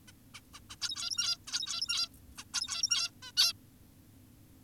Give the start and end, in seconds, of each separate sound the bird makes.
0.08-0.12, 0.34-0.41, 0.54-0.60, 0.70-0.76, 0.81-1.38, 1.48-2.08, 2.38-2.44, 2.54-3.11, 3.23-3.32, 3.37-3.53